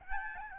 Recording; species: mosquito wingbeat signal from an infrared sensor; Aedes albopictus